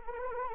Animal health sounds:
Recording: mosquito wingbeat signal from an infrared sensor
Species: Anopheles arabiensis

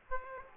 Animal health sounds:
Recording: mosquito wingbeat signal from an infrared sensor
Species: Aedes aegypti

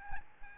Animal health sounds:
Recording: mosquito wingbeat signal from an infrared sensor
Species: Aedes albopictus

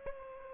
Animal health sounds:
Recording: mosquito wingbeat signal from an infrared sensor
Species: Aedes aegypti

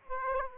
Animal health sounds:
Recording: mosquito wingbeat signal from an infrared sensor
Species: Aedes aegypti

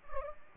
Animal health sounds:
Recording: mosquito wingbeat signal from an infrared sensor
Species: Culex pipiens

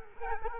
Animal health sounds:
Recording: mosquito wingbeat signal from an infrared sensor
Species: Culex quinquefasciatus

